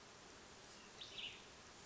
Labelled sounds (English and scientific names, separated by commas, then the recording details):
Cassin's Vireo (Vireo cassinii)
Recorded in Sonoma County, California